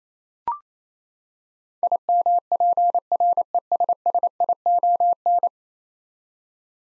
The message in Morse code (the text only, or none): IMPRESSION